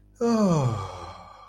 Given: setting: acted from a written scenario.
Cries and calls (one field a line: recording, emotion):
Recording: vocal sound without words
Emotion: ecstasy